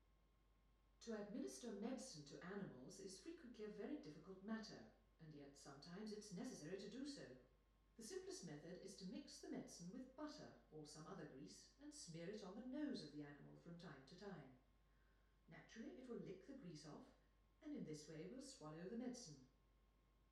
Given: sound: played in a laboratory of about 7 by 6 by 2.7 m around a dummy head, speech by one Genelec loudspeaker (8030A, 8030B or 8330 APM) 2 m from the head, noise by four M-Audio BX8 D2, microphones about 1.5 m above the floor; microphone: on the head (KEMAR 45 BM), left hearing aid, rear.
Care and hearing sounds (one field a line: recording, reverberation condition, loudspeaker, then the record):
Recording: female speech in English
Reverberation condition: medium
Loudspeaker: 120 degrees to the right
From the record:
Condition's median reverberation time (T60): about 510 ms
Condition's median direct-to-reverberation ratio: about -0.5 dB